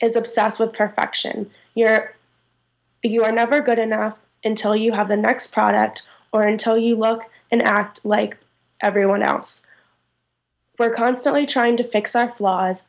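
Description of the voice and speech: An adult woman who stutters speaks at a moderate pitch in mostly fluent phrases. Early on she stretches "you're", falls silent for about a second, then restarts the word. Pauses run long. These are the stretched sounds and blocks of stuttering, a disorder of speech flow, which comes when she loses control of her speech. She has been through the Successful Stuttering Management Program.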